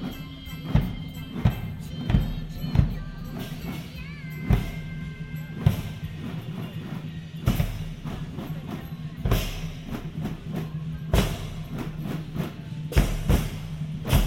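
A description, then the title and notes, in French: A Chinese New Year celebration in Paris, with sharp, loud crashes or bangs striking every one to two seconds. A steady low rumble runs underneath throughout, with a murmur of voices and brief higher tones in the first few seconds. Petit reportage de la célébration du nouvel an chinois dans Paris.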